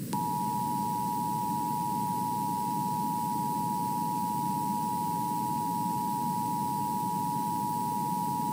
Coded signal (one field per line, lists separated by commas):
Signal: Emergency Alert System (SAME) tones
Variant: 853 and 960 Hz attention tone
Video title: EAS-ADR over WAHCIPTV